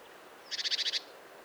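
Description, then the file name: Great tit churring call: one quick, buzzy rattle of about seven harsh pulses lasting half a second, over a quiet background. "Parus major"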